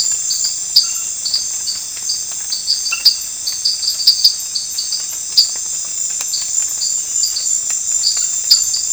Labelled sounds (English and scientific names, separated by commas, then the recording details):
none
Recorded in pastures near Puerto Asís, Putumayo, Colombia, on 13 March 2025 at 23:00
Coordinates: 0.502, -76.324
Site GP07